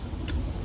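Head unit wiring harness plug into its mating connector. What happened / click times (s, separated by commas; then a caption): The connector clicked together / 0.3 s. The two halves of a new Android head unit's plastic wiring-harness connector are pushed together during installation in a Ford Fiesta Mk6. A single short, sharp tick sounds at 0.3 s over a steady low background rumble. The connector is seated and connected.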